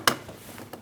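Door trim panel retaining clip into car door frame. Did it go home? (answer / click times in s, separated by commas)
yes / 0.1 s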